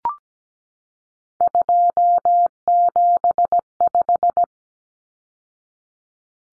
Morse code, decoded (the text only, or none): 275